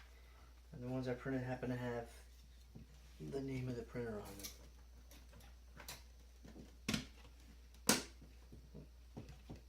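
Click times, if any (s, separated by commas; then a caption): 6.9 s, 7.9 s. Printed plastic clips are pushed one after another onto the frame of an Anet A8 3D printer while someone talks. Two sharp clicks ring out at 6.9 s and 7.9 s as the clips snap into place, and they are seated.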